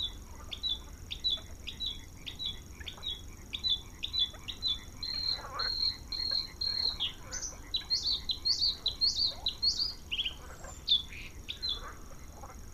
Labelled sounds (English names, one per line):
Bluethroat song